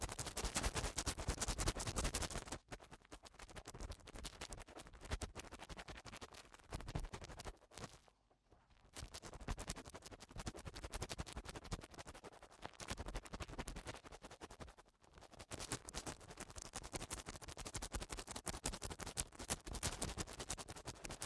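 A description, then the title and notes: Eardrum cleaning makes dense, rapid scratching and rubbing, loudest for the first two seconds, then steady, with brief quiet pauses near eight and fifteen seconds. Eardrum Cleaning (No Talking).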